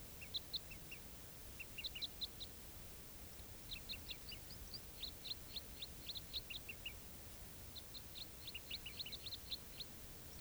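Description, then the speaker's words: Crossbill flight calls, brisk high chips in bursts and runs from a number of birds, some notes overlapping. Wild crossbills, quite a few birds, flying over from one grove to another without stopping. "Sounds like there are quite a few crossbills over there."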